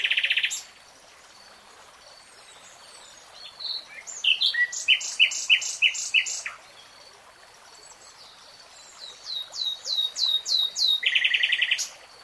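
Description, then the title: Nightingale song: a harsh buzzy burst, then two phrases of rapid, sharp repeated notes, ending with another buzzy rattle. Nightingale singing, from a three-hour real-time recording. "[Tiếng chim hót] Nightingale Singing"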